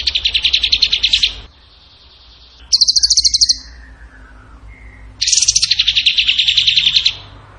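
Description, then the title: Bird song: three strident trill phrases of rapidly repeated high notes, the last long and slightly descending, with a faint soft whistle between them. Singing in gacor tembakan style, used as masteran to train other songbirds. "Masteran Burung Tembakan Gacor"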